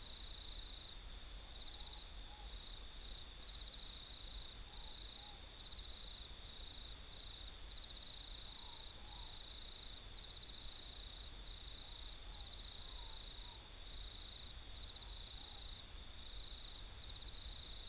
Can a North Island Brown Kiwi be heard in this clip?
no